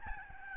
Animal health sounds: mosquito wingbeat signal from an infrared sensor; Aedes albopictus

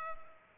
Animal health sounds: mosquito wingbeat signal from an infrared sensor; Culex pipiens

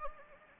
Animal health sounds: mosquito wingbeat signal from an infrared sensor; Anopheles gambiae

